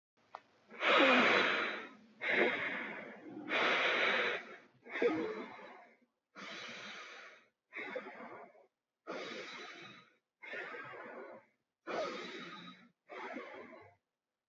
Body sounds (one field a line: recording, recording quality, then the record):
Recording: deep breathing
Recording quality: excellent, no background noise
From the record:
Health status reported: respiratory illness, not identified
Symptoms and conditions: asthma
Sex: male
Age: 21 years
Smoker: not ticked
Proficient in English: yes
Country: India